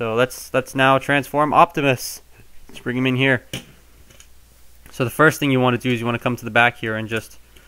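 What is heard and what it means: Someone talks while handling a transforming robot action figure, getting ready to extend its plastic legs all the way out at the back so the leg joints lock. A few faint, brief ticks are heard during pauses in the talk, but nothing has seated or clicked into place yet.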